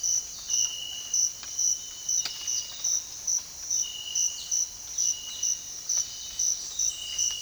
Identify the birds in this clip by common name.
none